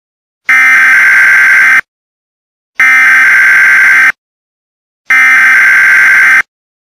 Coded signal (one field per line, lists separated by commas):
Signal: Emergency Alert System (SAME) tones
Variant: header bursts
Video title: Bloody Angel: A Mini EAS Scenario